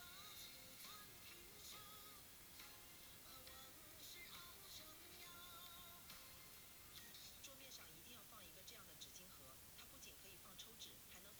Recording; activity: daily activity, guitar pickup as the sensor; browse video